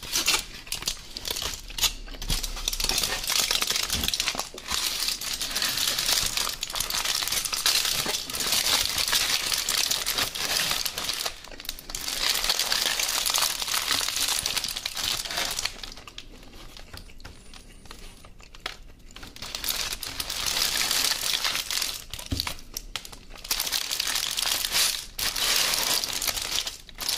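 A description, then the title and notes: Eating a döner with Coca Cola: dense paper and foil crinkling runs almost without pause, bright and rustly, broken by frequent sharp crackles and snaps. The handling eases off twice, around 16 to 19 seconds and again near 22 seconds, before picking back up. Mukbang ASMR Food Döner & Coca Cola.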